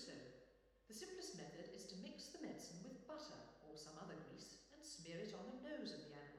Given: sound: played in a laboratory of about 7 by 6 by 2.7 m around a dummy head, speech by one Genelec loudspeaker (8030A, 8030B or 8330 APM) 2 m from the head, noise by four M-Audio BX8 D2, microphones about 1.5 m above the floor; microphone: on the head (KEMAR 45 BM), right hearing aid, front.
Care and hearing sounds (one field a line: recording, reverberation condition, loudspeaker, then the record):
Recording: female speech in English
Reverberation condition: high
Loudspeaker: 90 degrees to the right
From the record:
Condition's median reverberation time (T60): about 1300 ms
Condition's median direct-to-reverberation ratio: about -4.0 dB